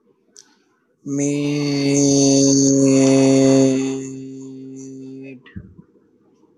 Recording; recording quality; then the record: sustained vowel as in made; excellent, no background noise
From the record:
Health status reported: healthy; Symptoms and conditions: none ticked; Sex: male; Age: 22 years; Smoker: not ticked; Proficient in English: yes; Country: India